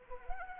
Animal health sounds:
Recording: mosquito wingbeat signal from an infrared sensor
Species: Anopheles arabiensis

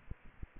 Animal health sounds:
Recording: mosquito wingbeat signal from an infrared sensor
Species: Aedes aegypti

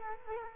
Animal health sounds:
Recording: mosquito wingbeat signal from an infrared sensor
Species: Culex quinquefasciatus

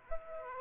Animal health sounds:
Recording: mosquito wingbeat signal from an infrared sensor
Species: Aedes aegypti

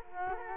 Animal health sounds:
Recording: mosquito wingbeat signal from an infrared sensor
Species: Culex quinquefasciatus

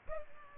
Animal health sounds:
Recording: mosquito wingbeat signal from an infrared sensor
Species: Culex pipiens

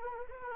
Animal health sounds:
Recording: mosquito wingbeat signal from an infrared sensor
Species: Anopheles arabiensis

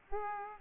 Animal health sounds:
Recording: mosquito wingbeat signal from an infrared sensor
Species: Aedes aegypti

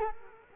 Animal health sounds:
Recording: mosquito wingbeat signal from an infrared sensor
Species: Culex quinquefasciatus

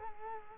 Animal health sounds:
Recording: mosquito wingbeat signal from an infrared sensor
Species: Culex quinquefasciatus

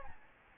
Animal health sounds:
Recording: mosquito wingbeat signal from an infrared sensor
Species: Aedes albopictus

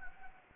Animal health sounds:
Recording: mosquito wingbeat signal from an infrared sensor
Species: Anopheles gambiae

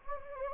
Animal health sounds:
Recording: mosquito wingbeat signal from an infrared sensor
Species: Anopheles gambiae

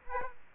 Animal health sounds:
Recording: mosquito wingbeat signal from an infrared sensor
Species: Aedes aegypti

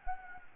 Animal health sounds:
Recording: mosquito wingbeat signal from an infrared sensor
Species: Anopheles gambiae

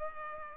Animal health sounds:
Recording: mosquito wingbeat signal from an infrared sensor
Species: Culex pipiens

